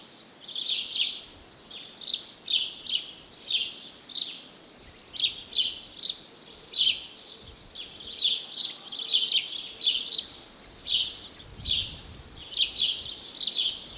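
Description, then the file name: House sparrow chirping, a long run of sharp repeated chirps at an uneven rapid pace, with faint low background noise. "Passer domesticus"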